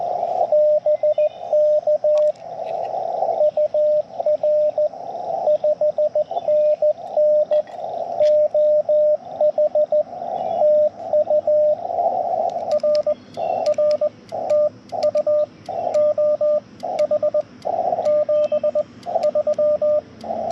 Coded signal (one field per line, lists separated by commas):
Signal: Morse code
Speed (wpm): 20 wpm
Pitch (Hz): 590 Hz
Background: radio noise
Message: BK UR 5NN OH TU R R TU OH 73